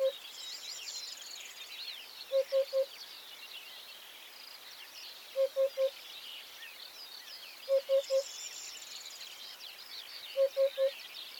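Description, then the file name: Eurasian hoopoe repeating low, mellow three-note hoots in several series about every two to three seconds, beneath steady high-pitched chatter and trills from other birds. "Eurasian Hoopoe Upupa epops"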